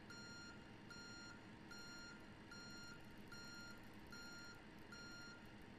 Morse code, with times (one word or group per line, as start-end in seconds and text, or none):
none